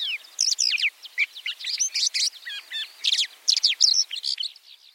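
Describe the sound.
White-winged lark chirping in rapid clusters of bright, slurred notes, the bursts rising and falling in a busy, uneven rhythm.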